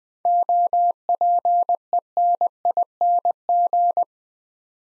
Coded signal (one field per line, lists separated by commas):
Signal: Morse code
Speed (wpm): 20 wpm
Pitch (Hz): 700 Hz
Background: none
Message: OPENING